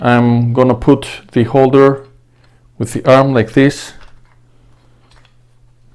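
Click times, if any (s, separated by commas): 5.1 s, 5.2 s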